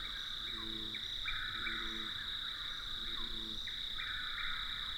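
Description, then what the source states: Chuck-will's-widow songs, whistled phrases repeated several times, set against a steady high insect drone with some low calls beneath. Night-active nightjar, close relative of the whip-poor-will, singing lovely whistled songs echoing across a large clearing at night; Apalachicola forest, longleaf pine flatwoods.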